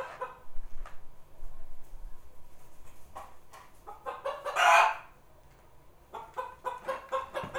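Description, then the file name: Chicken clucking in quick uneven bursts, with one louder drawn-out squawk in the middle, then a renewed run of rapid clucks. "actual chicken"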